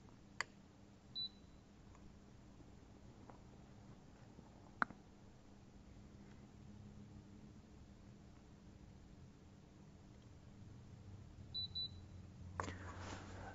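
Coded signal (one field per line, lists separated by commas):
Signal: beep code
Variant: dental chair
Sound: one high beep, a few clicks, then two quick high-pitched beeps near the end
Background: room hum, mechanical clicks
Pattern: 2 short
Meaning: Two beeps confirm the second setup step was accepted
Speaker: second step press P button about 12 seconds until you hear two beeps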